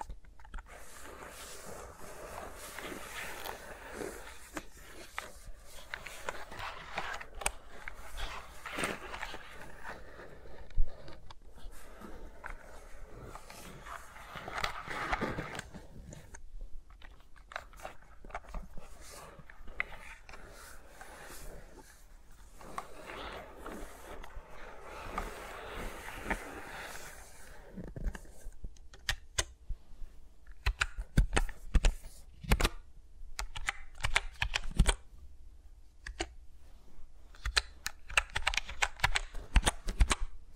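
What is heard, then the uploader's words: Fingers move around microphones with no talking, making dense rustling and scratching that swells and fades in soft waves for the first half. After about 28 seconds the sound turns sparser, with sharp taps and clicks arriving in quick irregular clusters over a quiet low hum. ASMR with Mics Around My Fingers (No Talking).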